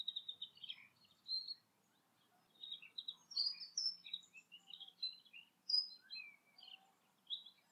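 Birdsong of quick high tweets and short trills, pausing briefly early on before resuming, over a faint low drone.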